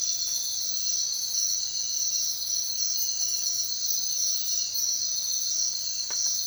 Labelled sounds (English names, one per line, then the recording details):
none
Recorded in secondary vegetation near Puerto Asís, Putumayo, Colombia, on 29 June 2025 at 05:00
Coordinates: 0.499, -76.323
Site G077